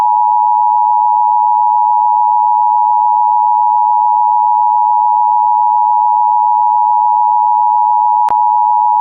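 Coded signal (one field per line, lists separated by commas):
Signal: Emergency Alert System (SAME) tones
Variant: 853 and 960 Hz attention tone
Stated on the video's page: Fictional edited EAS alert of a North Korean nuclear attack.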